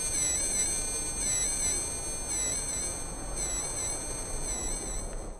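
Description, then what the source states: Mosquito whine, a continuous humming drone whose tones wobble up and down, with steady hiss underneath, fading at the end. At half speed.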